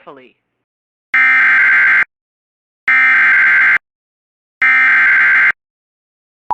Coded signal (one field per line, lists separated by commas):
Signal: Emergency Alert System (SAME) tones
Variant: header bursts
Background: speech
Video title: EAS Alerts From 7/18/23 (EAS #1917-1936)